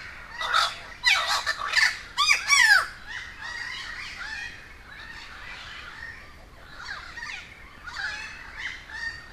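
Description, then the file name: Crows squawking, a few loud harsh calls close together at the start, then a quieter rambling chorus of many overlapping calls. A gathering of many crows recorded at Humboldt Park, Cuba. "Quiet American - aaron ximm-humbold park cuba-convocation of crows"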